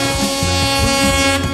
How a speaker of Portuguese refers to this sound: Bota a buzina dele aí, Bandeira. Bota a buzina então.